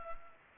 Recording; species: mosquito wingbeat signal from an infrared sensor; Culex pipiens